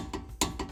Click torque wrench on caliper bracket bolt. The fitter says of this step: There you go, make sure it clicks.